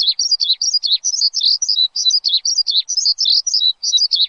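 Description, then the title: Javan bush lark song: a rapid, continuous stream of high chirping and trilled notes with quick rising and falling slurs, no other sounds. Used as a lure; described as gacor, a bird singing continuously and energetically. "PANCINGAN Suara BURUNG Branjangan Gacor"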